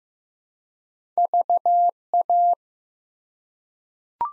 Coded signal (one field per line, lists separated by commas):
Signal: Morse code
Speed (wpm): 15 wpm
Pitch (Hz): 700 Hz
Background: none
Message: VA